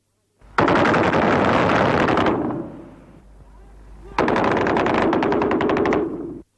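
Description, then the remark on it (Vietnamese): A loud volley of mortar fire striking a market comes in two long bursts of rapid, crackling blasts, split by a brief quieter lull before the second burst erupts and then cuts off. “Bỗng một loạt súng cối bắn vào chợ, mọi người tản đi”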